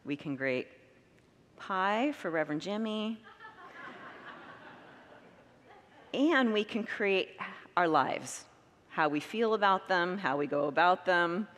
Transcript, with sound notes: we can create pie for Rev. Jimmie… [Congregants laugh] And we can create our lives: how we feel about them; how we go about them.